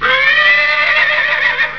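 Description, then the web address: Horse whinny: one loud, harmonically rich neigh lasting about two seconds. "Nova Star 5 sounds horse"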